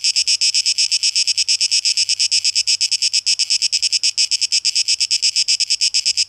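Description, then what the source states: Cicada song of rapid, harsh buzzing pulses running unbroken throughout with an even, shrill texture. Cicadas in a tape echo mix, dated 12 August 2023.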